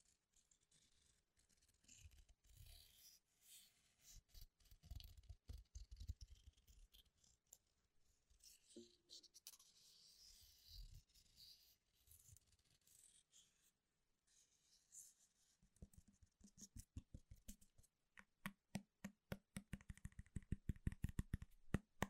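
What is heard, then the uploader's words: Tapping on devices, keyboards and product boxes, heard as irregular clicks and knocks with soft rustling scrapes between them. The first half is sparser with scratchy brushing sounds; after about 15 seconds the taps turn into a fast, steady run of crisp clicks that grows louder. Gentle/Fast tapping on all things Apple. You'll hear me tapping HomePod mini, Magic Keyboards, different MacBooks, awesome product boxes and cases that make amazing sounds etc.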